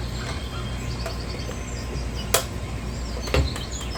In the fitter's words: And this snaps into place.